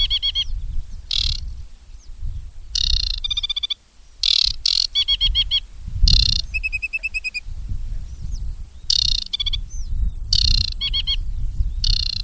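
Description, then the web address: Aquatic warbler song: dense sequence of harsh rattles and clear pulsed trills in quick alternation, with low wind-like rumble throughout. "agykontroll Madardalok Cd 3. Csíkosfejű nádiposzáta"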